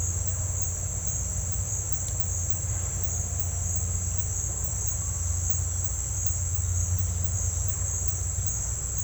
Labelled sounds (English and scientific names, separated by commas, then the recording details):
none
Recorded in dense forest near Puerto Asís, Putumayo, Colombia, on 21 December 2024 at 10:00
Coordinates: 0.468, -76.322
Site G071